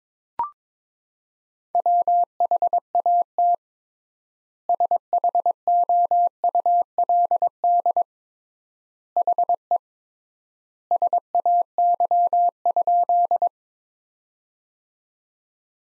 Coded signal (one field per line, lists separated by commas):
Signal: Morse code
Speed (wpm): 21 wpm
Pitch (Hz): 700 Hz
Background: none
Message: WHAT SHOULD HE SAY?